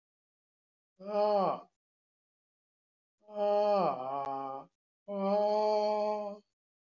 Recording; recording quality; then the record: sustained vowel as in made; excellent, no background noise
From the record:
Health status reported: healthy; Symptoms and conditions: hypertension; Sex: male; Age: 54 years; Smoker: not ticked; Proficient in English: yes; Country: India